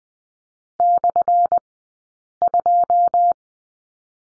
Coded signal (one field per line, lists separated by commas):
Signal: Morse code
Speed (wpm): 20 wpm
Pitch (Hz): 700 Hz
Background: none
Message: /2